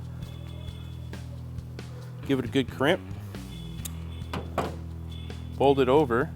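Someone talks over background music while handling the plastic retaining lock on the brake light wiring connector of an AnzoUSA LED third brake light for a 2009-2014 Ford F150, folding it back over the crimped wire terminals so it will lock down. Only faint handling taps and clicks are heard. Nothing has seated or clicked yet.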